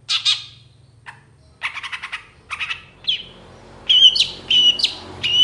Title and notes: Cendet Gacor Dor Di Kala Pagi Toet Toet Variasi Suara. Burung cendet